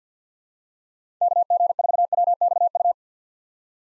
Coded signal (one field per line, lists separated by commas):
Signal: Morse code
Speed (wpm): 50 wpm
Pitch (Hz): 700 Hz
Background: none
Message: KG4WXU